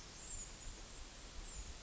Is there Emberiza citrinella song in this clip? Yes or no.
no